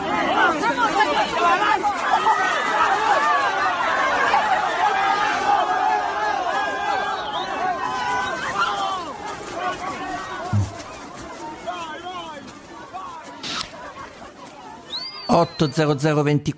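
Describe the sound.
A dense crowd roars in a continuous, agitated babble of many overlapping shouting voices during an organized brawl in the centre of Rome, loud and chaotic throughout, with a few sharper bursts and a sudden clattering noise near the end.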